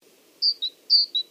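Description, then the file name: Great tit singing two crisp two-note phrases, a higher longer note followed by a short lower note, after a brief silence. "Parus major"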